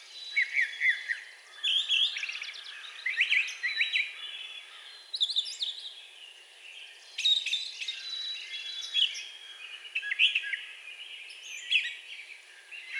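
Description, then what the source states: Brown thrasher delivering a steady stream of varied, rich phrases, the song running almost without a break. Recorded on 4 June 2020.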